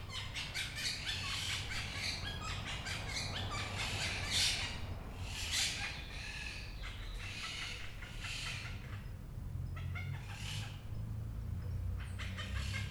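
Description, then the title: Parakeet squawks: irregular harsh calls scattered throughout, some in short bursts, over a constant low hum. Recorded 11 March 2022. "cotorras-11-marzo-2022"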